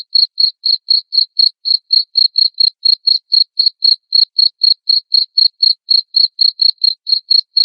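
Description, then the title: Cricket chirps: short, clean pulses repeated about four times a second in a steady, even rhythm, with nothing else heard. Loud cricket chirping (ngerik), played to make lovebirds sing continuously (ngekek). "Suara JANGKRIK NGERIK Keras Bikin LOVEBIRD Jadi NGEKEK Terus Vubey"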